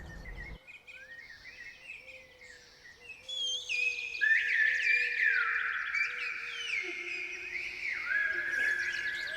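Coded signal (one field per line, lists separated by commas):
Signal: whistled language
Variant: Silbo Gomero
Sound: a loud whistle gliding up and down between high pitches, with short rising chirps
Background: outdoor noise, low hum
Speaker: I just told him that he has to go give a hand to yenta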